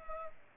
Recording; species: mosquito wingbeat signal from an infrared sensor; Culex pipiens